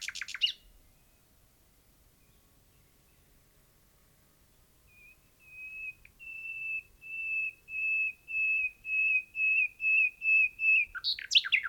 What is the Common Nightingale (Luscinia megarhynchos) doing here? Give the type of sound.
song